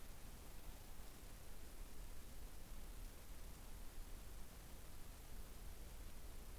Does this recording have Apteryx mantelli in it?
no